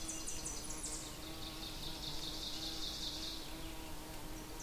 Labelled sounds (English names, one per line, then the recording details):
Ovenbird song
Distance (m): 75 m
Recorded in boreal forest in Alberta, Canada, on 2 June 2016 at 08:05
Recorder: SongMeter 3, array SBT-3-7
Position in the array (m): 190 m, 110 m
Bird 6